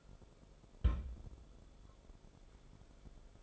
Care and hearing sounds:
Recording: daily activity, microphone in the room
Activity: place on stove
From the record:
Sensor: 5

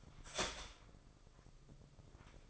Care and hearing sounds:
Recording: daily activity, microphone in the room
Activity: start toaster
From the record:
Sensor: 5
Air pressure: 995.4 hPa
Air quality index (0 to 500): 108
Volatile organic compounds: 8 ppm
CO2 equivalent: 2078 ppm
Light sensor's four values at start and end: 34/81/33/33 and 34/82/33/33

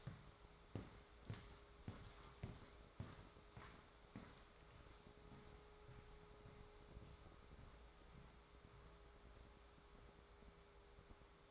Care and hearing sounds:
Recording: daily activity, microphone in the room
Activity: walk to room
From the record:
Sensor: 3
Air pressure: 1010.4 hPa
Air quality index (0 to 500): 166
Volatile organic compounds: 9 ppm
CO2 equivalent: 2175 ppm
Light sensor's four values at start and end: 48/120/53/60 and 50/124/55/62

